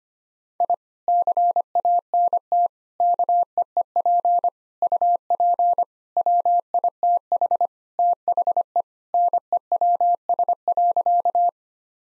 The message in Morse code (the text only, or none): I CANT KEEP UP WITH THE NEWS.